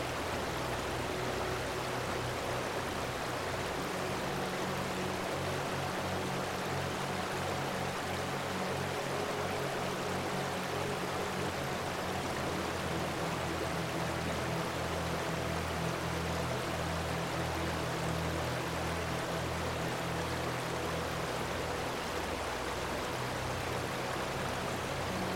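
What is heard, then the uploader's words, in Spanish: A river murmurs steadily and densely throughout, a soft, even rush of water that stays unchanged from start to finish. Underneath, low sustained tones hum and shift slowly, suggesting gentle background music woven into the flowing water. Sonidos del RÍO y MÚSICA Relajante. Suave murmullo de un río sereno y la melodía relajante que emana de la naturaleza circundante.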